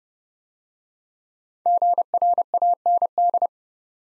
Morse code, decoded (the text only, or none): GRAND